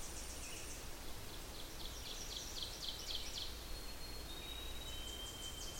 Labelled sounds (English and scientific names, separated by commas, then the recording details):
Ovenbird (Seiurus aurocapilla) song
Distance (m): 90 m
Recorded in boreal forest in Alberta, Canada, on 21 June 2016 at 05:43
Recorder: SongMeter 3, array SBT-6-81
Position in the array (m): 28 m, 292 m
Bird 26